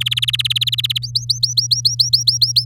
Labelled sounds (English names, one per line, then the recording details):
Domestic Canary song
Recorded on 8 May 2018 at 07:46
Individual llb16